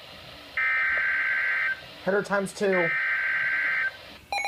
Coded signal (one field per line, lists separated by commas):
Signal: Emergency Alert System (SAME) tones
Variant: header bursts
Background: speech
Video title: Jon's Sunday in a Nutshell | Many EAS Alerts from LWX